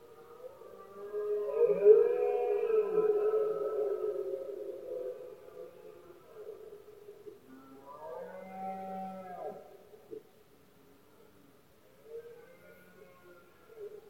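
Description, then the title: Red deer bellowing: one long, loud, sustained moan, then a shorter wavering call and a faint final call fading into quiet. Red deer rut, locally called 'berrea' or 'brama', with powerful bellows of males in Spain, heard best at night when surroundings are quiet. "Paisaje sonoro: Berrea #04"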